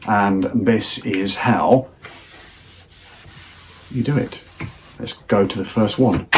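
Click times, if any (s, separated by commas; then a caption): none. An interchangeable garden tool head is lined up and fitted toward the socket of a Wolf-Garten Multi Change handle, making a rubbing, scraping sound between stretches where someone talks. Nothing has seated or clicked yet in this clip.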